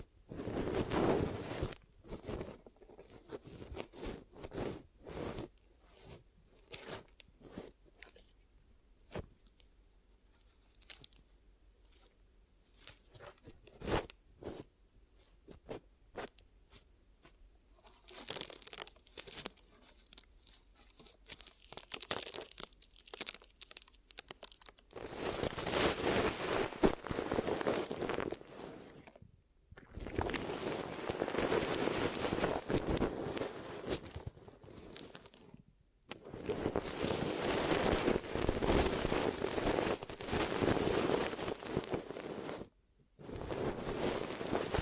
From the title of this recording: Glue Ear Massage and Cleaning